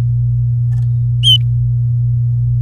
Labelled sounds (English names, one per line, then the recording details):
Domestic Canary song
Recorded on 4 May 2018 at 07:10
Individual llb16